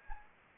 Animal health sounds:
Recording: mosquito wingbeat signal from an infrared sensor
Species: Anopheles gambiae

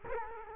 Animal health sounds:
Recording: mosquito wingbeat signal from an infrared sensor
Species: Culex quinquefasciatus

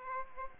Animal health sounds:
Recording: mosquito wingbeat signal from an infrared sensor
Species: Aedes aegypti

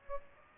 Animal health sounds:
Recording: mosquito wingbeat signal from an infrared sensor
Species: Aedes aegypti

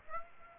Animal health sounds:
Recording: mosquito wingbeat signal from an infrared sensor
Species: Aedes aegypti

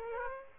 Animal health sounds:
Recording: mosquito wingbeat signal from an infrared sensor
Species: Aedes aegypti

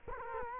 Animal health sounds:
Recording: mosquito wingbeat signal from an infrared sensor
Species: Culex quinquefasciatus

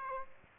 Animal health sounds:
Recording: mosquito wingbeat signal from an infrared sensor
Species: Aedes aegypti

